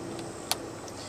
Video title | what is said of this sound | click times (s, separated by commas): TSD SD 45-a.k.a-UMP Quality Review P.1 | you'll hear a positive click and feel as well and it seems to work pretty well | 0.5 s